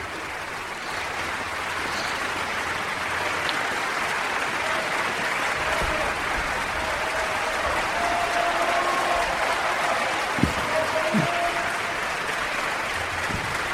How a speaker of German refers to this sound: beispiellose Beifall.